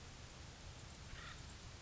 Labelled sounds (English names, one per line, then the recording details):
Acorn Woodpecker
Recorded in Sonoma County, California